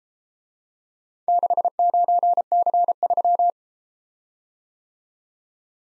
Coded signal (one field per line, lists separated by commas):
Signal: Morse code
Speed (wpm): 32 wpm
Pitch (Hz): 700 Hz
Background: none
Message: 69C3